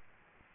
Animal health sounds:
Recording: mosquito wingbeat signal from an infrared sensor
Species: Aedes aegypti

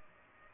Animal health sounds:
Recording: mosquito wingbeat signal from an infrared sensor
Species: Culex pipiens

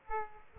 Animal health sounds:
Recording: mosquito wingbeat signal from an infrared sensor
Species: Aedes aegypti

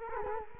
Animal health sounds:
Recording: mosquito wingbeat signal from an infrared sensor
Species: Culex quinquefasciatus

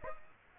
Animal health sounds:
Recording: mosquito wingbeat signal from an infrared sensor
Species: Aedes aegypti

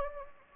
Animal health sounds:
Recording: mosquito wingbeat signal from an infrared sensor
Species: Anopheles gambiae

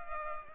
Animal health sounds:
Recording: mosquito wingbeat signal from an infrared sensor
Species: Culex pipiens

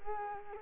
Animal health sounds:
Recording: mosquito wingbeat signal from an infrared sensor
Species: Culex quinquefasciatus

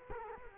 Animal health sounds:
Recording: mosquito wingbeat signal from an infrared sensor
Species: Culex quinquefasciatus

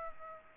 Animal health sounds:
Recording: mosquito wingbeat signal from an infrared sensor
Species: Aedes aegypti

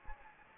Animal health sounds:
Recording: mosquito wingbeat signal from an infrared sensor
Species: Anopheles gambiae

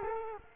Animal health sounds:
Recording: mosquito wingbeat signal from an infrared sensor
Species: Culex quinquefasciatus

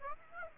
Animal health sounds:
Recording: mosquito wingbeat signal from an infrared sensor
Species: Aedes aegypti

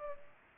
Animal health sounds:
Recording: mosquito wingbeat signal from an infrared sensor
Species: Culex pipiens

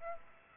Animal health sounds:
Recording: mosquito wingbeat signal from an infrared sensor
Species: Aedes aegypti

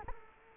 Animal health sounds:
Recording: mosquito wingbeat signal from an infrared sensor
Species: Culex quinquefasciatus

